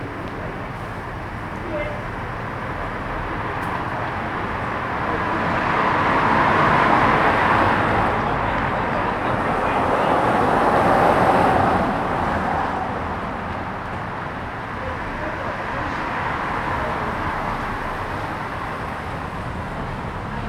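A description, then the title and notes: Traffic passes along a street outside a small bar, a steady low rumble of engines and tires. Two cars swell past, around seven and eleven seconds, then fade. Faint voices from people gathering across the street blend into the background. Street bar. Captured on a Friday evening on the street outside a small bar. Traffic is passing by as people are gathering in a bar opposite.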